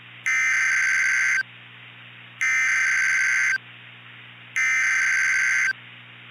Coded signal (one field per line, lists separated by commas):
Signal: Emergency Alert System (SAME) tones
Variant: header bursts